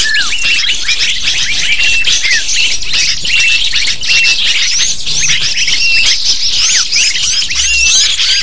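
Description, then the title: Busy lovebird flock calling, high squeaky chirps tumbling over one another, a few short whistles standing out from the steady chatter. Lure call to attract lovebirds. "PIKAT BURUNG LOVEBIRD"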